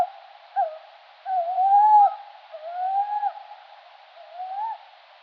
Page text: Strix aluco - Tawny owl - Allocco. 18/september/2004 (10 p.m.). one bird calls from an artificial mixed copse (pines, oaks, ashes, cypresses) near the banks of the lake. Perotto Lake